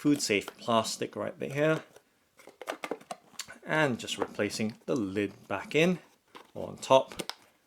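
Someone talks while handling the lid locking clips on a food-safe plastic food storage container, putting the lid back on top. A few short, light taps and rustles sound between about 2.6 and 3.4 seconds. The clips have not yet snapped down, and nothing has seated or clicked yet.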